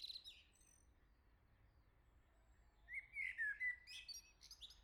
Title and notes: Le Merle salue l'été, 3 Gd Rue de Chassagne, 17220 La Jarrie, France. Quel Sol!!!! pour saluer l'arrivée de l'été ce matin! Merci Jolie Merle de tes vocalises à proximité!